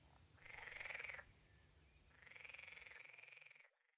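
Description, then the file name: Water frog calling twice, each a long buzzy, rapidly pulsed rattle, the second longer and slightly softer, over a low background rumble. "grenouille verte"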